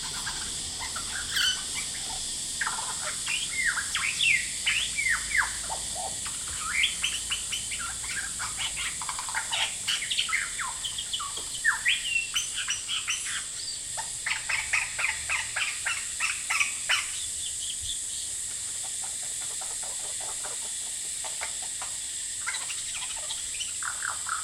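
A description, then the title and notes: A male lyrebird pours out a rapid, varied stream of chirps, whistles and sweeping calls, dense from about two to seventeen seconds and thinning after. Beneath it runs a constant high, hissing drone of cicadas that never lets up. Lyrebird - Horsfield Bay NSW. Male lyrebird just going bonkers outside my window while I was trying to work today. The noise you are hearing is actually cicadas trying to get laid every bit as hard as the lyrebird is.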